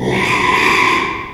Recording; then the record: squeal of a Yucatan mini pig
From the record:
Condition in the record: after surgery on the right vocal fold (resection and tissue-engineered implant); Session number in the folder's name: 1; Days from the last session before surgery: 6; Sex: male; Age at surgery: 12 weeks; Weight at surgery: 13 kg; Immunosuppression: cyclosporine, prednisolone